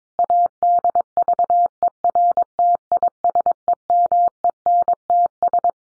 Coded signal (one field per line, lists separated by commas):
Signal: Morse code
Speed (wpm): 22 wpm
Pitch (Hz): 700 Hz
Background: none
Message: ADVERTISEMENTS